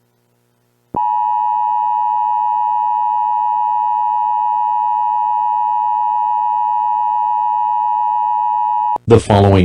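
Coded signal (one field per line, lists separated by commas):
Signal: Emergency Alert System (SAME) tones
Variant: 853 and 960 Hz attention tone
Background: speech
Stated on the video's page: Fictional EAS scenario, not a real alert.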